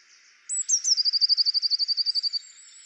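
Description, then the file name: Eurasian blue tit song of high thin notes leading into a fast, steady trill of many repeated notes that stops after under two seconds. "Cyanistes caeruleus"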